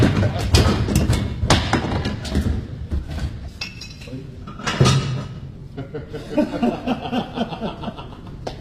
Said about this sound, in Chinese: 好了，咱们先把炉子烧热。这是舒茨秘书的椅子，我现在马上让它变成一堆小木头。